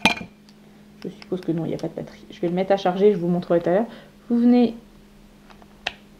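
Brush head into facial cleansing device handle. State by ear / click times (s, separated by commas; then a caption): seated / 5.9 s. A plastic brush head is pushed onto the handle of an electric facial cleansing device while someone talks. A sharp click at 5.9 s marks the head clipping into place. It is seated, and it also unclips, so the fit is fine.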